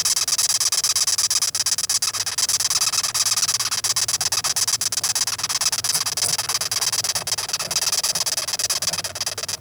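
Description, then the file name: Velvet ant squeaking: dense, fast, raspy pulses run without pause, a steady scratchy hiss rich in high tones for the whole stretch. "velvet red ant"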